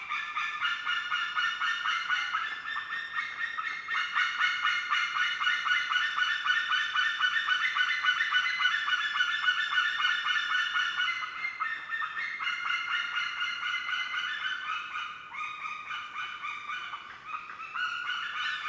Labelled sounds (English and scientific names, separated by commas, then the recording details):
White-tailed Eagle (Haliaeetus albicilla) call
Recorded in the wild
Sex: pair
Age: adult
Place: Niederspree, Niederspreer Teichgebiet, Sachsen, DE
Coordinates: 51.3939, 14.8722
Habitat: ponds
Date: 2008-07-31
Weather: heiter, 17°C, windstill
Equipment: Fostex FR2-LE, 2 Sennheiser ME64, Rycote-Windschutz
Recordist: Frommolt, Karl-Heinz